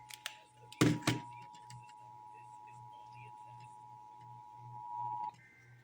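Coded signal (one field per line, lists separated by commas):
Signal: Emergency Alert System (SAME) tones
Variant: 853 and 960 Hz attention tone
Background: speech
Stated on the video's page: Texas required monthly EAS test, heard on several radio and TV stations.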